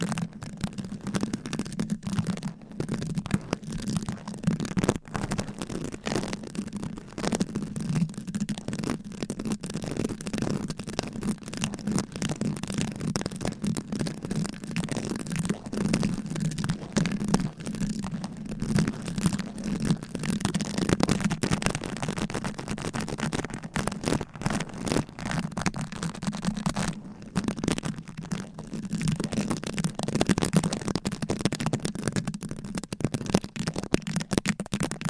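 Fast, aggressive tapping and scratching with fingernails on various items, a dense, restless stream of clicks and scrapes with no pauses. A low, thumping hum sits underneath throughout, and sharp bright ticks cut through at irregular moments.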